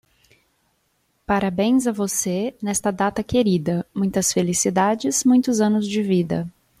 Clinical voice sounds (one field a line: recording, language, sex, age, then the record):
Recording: short text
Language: Brazilian Portuguese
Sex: female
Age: 30 to 39 years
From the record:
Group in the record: control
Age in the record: 33 years